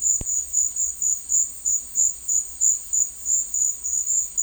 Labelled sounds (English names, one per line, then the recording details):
none
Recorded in secondary vegetation near Puerto Asís, Putumayo, Colombia, on 19 March 2025 at 11:30
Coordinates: 0.499, -76.323
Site G094